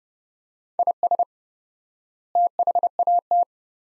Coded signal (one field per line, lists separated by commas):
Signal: Morse code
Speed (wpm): 30 wpm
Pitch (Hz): 700 Hz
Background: none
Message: IS THAT